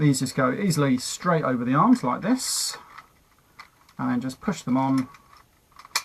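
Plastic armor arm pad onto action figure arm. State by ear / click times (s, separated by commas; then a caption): seated / 6.0 s. A plastic armor arm pad is slipped over an action figure's arm and pushed on until it clicks into position at 5.9 s while someone talks. Faint handling ticks come before the sharp click, and the arm pad ends up seated.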